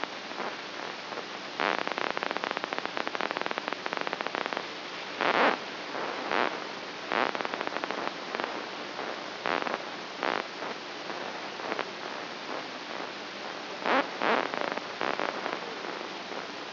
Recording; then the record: brain microelectrode recording played as sound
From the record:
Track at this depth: inside the subthalamic nucleus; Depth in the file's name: 2.722 mm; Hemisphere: right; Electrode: 3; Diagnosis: Parkinson's disease